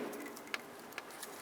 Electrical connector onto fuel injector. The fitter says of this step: is going to be how yours should be hopefully it's just push in wait till you hear a click